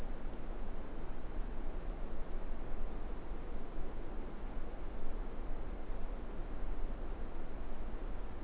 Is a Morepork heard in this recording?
no